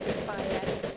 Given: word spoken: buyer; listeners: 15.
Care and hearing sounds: one English word in noise, from a listening test; noise modulated by three-talker babble; -5.7 dB; 0 of 15; 6 of 15; 0.57 s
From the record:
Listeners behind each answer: 6, 2, 1, 1, 1, 1, 1, 1, 1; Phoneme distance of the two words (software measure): 10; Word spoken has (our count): 2 syllables, 3 phonemes, stress on syllable 1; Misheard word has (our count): 2 syllables, 3 phonemes, stress on syllable 1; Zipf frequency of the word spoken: 4.13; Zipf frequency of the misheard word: 5.18

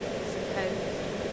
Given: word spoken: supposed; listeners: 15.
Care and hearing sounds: one English word in noise, from a listening test; speech-shaped noise; -5.8 dB; 2 of 15; 8 of 15; 0.93 s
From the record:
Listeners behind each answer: 8, 2, 2, 1, 1, 1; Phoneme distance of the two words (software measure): 7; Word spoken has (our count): 2 syllables, 6 phonemes, stress on syllable 2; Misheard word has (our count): 2 syllables, 5 phonemes, stress on syllable 2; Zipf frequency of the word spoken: 4.92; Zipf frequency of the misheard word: 5.02

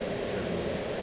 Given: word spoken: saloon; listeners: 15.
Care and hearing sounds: one English word in noise, from a listening test; speech-shaped noise; -5.6 dB; 0 of 15; 6 of 15; 0.62 s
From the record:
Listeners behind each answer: 6, 2, 2, 1, 1, 1, 1, 1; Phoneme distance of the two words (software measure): 34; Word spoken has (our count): 2 syllables, 5 phonemes, stress on syllable 2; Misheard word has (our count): 1 syllable, 3 phonemes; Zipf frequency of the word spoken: 3.37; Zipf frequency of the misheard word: 4.58

